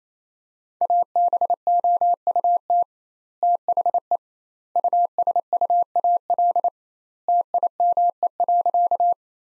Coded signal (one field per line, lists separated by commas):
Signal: Morse code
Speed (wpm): 28 wpm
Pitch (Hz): 700 Hz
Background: none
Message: ABOUT THE USUAL TIME.